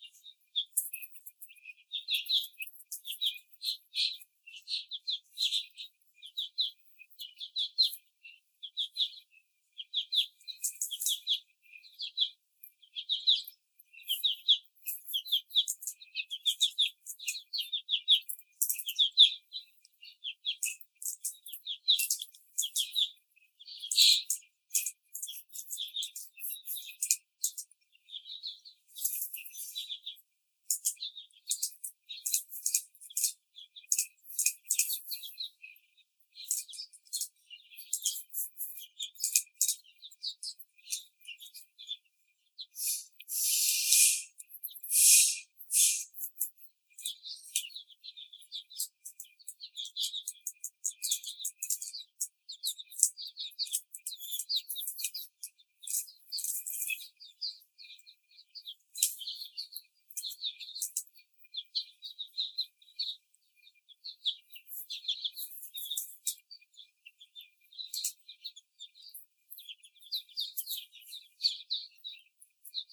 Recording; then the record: young laying hens in a cage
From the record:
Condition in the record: after the stressor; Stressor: simulated dog barking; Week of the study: 4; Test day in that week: 2